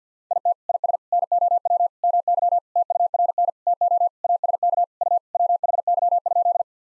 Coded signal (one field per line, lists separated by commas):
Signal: Morse code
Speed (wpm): 50 wpm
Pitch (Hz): 700 Hz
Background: none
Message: IT IS NOW MY TURN TO ASK U WHY?